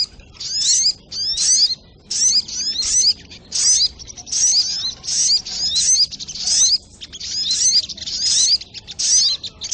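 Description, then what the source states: Sogok ontong song: a long series of short, sharp, high-pitched twittering bursts with quick slurred notes, repeated at a fast, fairly regular rhythm. Labaik song variant, used for training.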